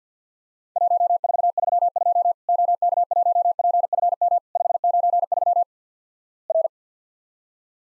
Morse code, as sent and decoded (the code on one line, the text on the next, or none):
.---- ....- ...-- ..--- / --- -.- .---- .--. ..-. -- / ..... ----. ...-- / .-.
1432 OK1PFM 593 R